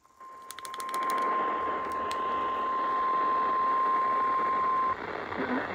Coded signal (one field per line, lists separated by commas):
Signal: Emergency Alert System (SAME) tones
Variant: 1050 Hz attention tone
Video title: Special Marine Sendoff | EAS Alerts from August 29th, 2025 - General Risk (EAS #2,292-2,299)